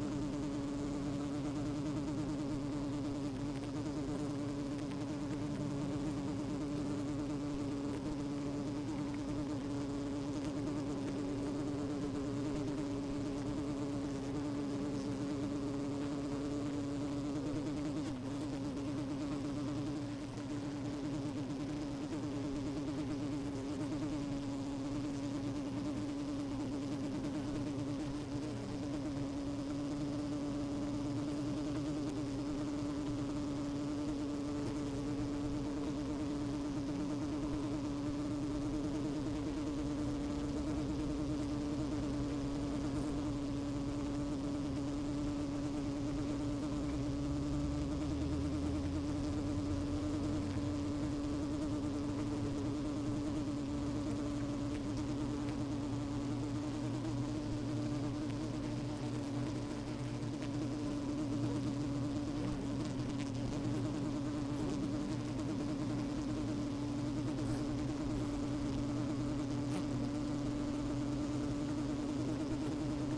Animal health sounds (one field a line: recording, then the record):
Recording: honeybee colony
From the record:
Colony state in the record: active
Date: 28 July 2017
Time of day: 12:17